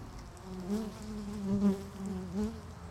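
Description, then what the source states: Honey bee buzzing, a steady low hum with slight pitch wavers and a few louder swells. Beehive at Laren Gld., July 17th 2015; not a binaural recording.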